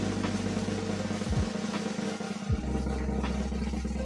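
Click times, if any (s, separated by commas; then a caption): none. A graphics card or its power connector is pushed toward its slot or socket on a PC during the build, with handling noise over a steady low hum and a couple of short downward low-frequency sweeps near 1.3 s and 2.5 s. Nothing has seated or clicked yet.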